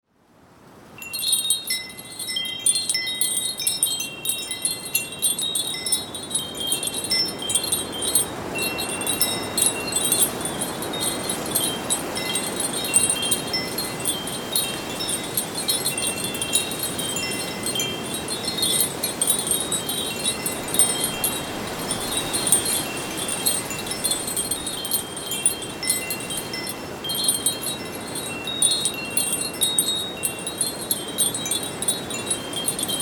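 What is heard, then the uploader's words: Wind chimes ring almost constantly, a dense shimmer of high, bright tones that overlap and sustain after a quiet first second. Beneath them, a soft rush of wind rises and falls in broad swells, strongest around ten and twenty-five seconds. Windy chime intro. Just some wind and chimes.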